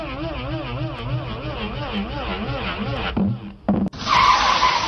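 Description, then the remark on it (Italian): Tires screech loudly for about three seconds as two cars, one a Fiat 1500 GT, and a motorcycle arrive at night by the football field gate in Ostia; the squeal wavers up and down in pitch, then breaks off and a harsh rush of skidding and engine noise takes over. “In quel momento arrivano due auto e davanti una moto.”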